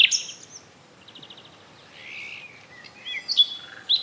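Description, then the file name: Common nightingale, with short whistled notes, a soft quick trill, and a slurred buzzy phrase over faint background hiss. "Luscinia megarhynchos"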